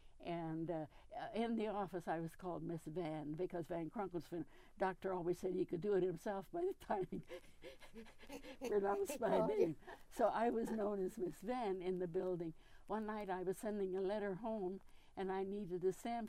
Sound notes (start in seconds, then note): 7.2 chuckles; 9.8 chuckles